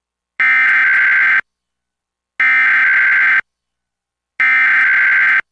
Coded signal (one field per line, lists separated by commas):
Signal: Emergency Alert System (SAME) tones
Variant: header bursts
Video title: EAS #894-895: 2 EAS Required Monthly Tests- Dec. 7, 2023- 12:15AM PST